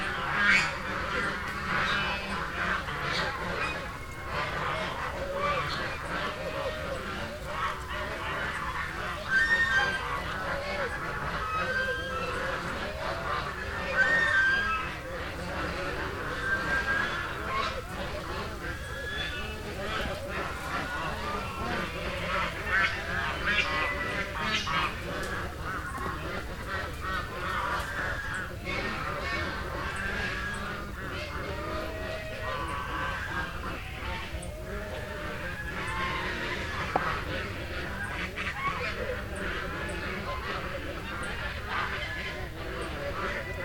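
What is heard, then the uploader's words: A gaggle of geese honks and chatters without pause for the whole stretch, many calls overlapping into a dense, raucous din. Sharp, nasal honks stand out above the mass, with a few louder bursts near 10, 14 and 37 seconds. Gaggle of geese.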